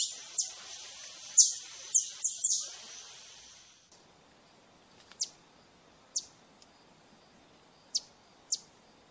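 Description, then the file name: Green honeycreeper giving high, thin, sharp chips, a cluster early on, then a few single notes spaced out over a quiet background. "Canto do sai verde"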